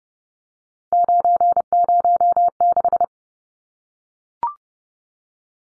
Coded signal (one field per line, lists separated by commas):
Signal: Morse code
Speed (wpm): 30 wpm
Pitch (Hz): 700 Hz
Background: none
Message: 906